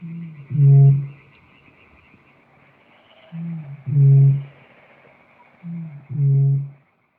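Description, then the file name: Eurasian bittern giving three deep, resonant booms, each led by a brief softer grunt, spaced a few seconds apart. "rohrdommel"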